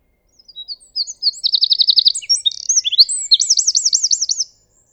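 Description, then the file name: Eurasian wren song, loud and very high, opening with short notes, then a quick stuttering trill, a jumble of twittering, and a final rolling trill before stopping. "Troglodytes troglodytes"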